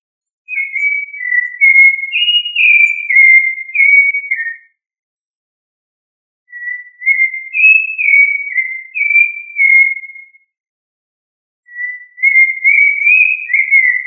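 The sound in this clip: Thrush song of three flowing whistled phrases, rising and falling in short slurred notes, separated by brief silences.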